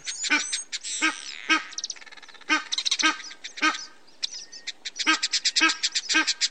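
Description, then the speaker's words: Egyptian goose croaking calls: harsh, hoarse honks repeated in uneven bursts with short pauses. Two pairs in the Große Aue near Holleben, south of Halle, among very old oaks and orchards; introduced African species, croaking while apparently at ease; expected to breed there. "zwei Pärchen Nilgänse tummelten sich dort in der großen Aue zwischen uralten deutschen Eichen und uralten Obsthainen und fühlten sich offenbar ganz wohl und krächzten da so vor sich hin."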